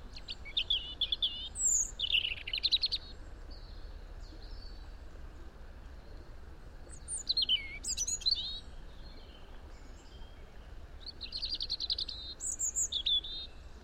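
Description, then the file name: European robin song: high, varied warbled phrases with thin whistles and quick trills, separated by pauses of a few seconds, over a steady low background hum. "Erithacus rubecula"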